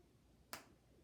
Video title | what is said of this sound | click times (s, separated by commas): Reading (9/11) | and i'm going to put the cap on until i hear a snap make sure you snap that glue shut | 0.5 s